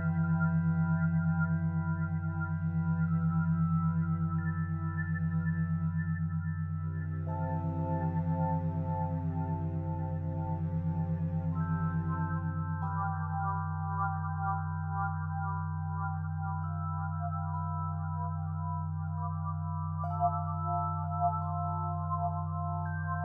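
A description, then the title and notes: Healing sound bowls ring and reverberate in long, sustained tones, with a deep steady hum underneath. A slow wavering pulse runs through the low tones for the first half. New bell-like tones enter around seven, thirteen and twenty seconds, each fading slowly. Singing Sound Bowls. Listen to the reverberating sounds of the healing sound bowls.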